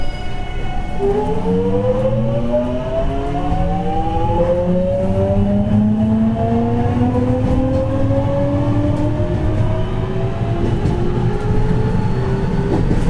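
Running sound of a JR Kobe Line local train, series 207. A steady low rumble fills the clip while a motor whine rises gradually in pitch from about one second onward as the train accelerates. Faint clicks and knocks punctuate the constant drone.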